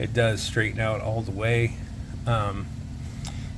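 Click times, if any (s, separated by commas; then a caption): 3.3 s. Someone talks over a low steady hum while a Milwaukee Fastback folding utility knife is opened until it straightens all the way. A single sharp, quiet tick at 3.3 s marks the blade locking open in the handle with its metal lock.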